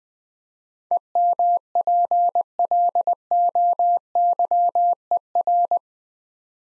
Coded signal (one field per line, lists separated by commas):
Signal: Morse code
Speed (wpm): 20 wpm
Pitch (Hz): 700 Hz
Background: none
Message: EMPLOYER